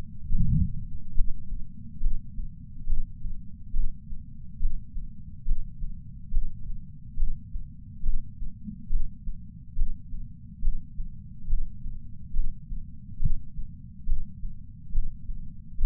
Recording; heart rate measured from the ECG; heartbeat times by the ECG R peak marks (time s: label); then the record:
heart sounds by patch sensor on the chest; 72 bpm
0.81 s: heartbeat
1.41 s: heartbeat
2.00 s: heartbeat
2.86 s: heartbeat
3.73 s: heartbeat
4.59 s: heartbeat
5.45 s: heartbeat
6.30 s: heartbeat
7.16 s: heartbeat
8.03 s: heartbeat
8.89 s: heartbeat
9.75 s: heartbeat
10.61 s: heartbeat
11.47 s: heartbeat
12.33 s: heartbeat
13.19 s: heartbeat
14.06 s: heartbeat
14.91 s: heartbeat
15.77 s: heartbeat
From the record:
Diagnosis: coronary artery disease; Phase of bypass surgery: intraoperative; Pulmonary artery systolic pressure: 30 mmHg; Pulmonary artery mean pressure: 20 mmHg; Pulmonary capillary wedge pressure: 14 mmHg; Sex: male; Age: 62 years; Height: 165 cm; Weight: 72 kg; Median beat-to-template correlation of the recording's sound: 0.95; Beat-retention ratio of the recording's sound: 0.98